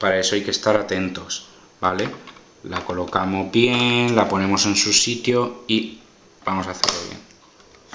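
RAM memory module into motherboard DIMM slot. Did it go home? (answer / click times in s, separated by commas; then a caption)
no / none. A RAM memory module is being handled and positioned at a motherboard DIMM slot while someone talks throughout, with a brief sharp sound at the very end near 7.9 s. The module has not yet seated or clicked into the slot.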